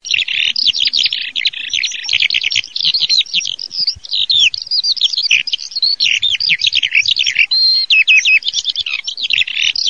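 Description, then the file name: Eurasian skylark song, a continuous rapid stream of high chirps, trills and buzzy warbled notes pouring out without pause across the whole stretch. "allodola LUCIO"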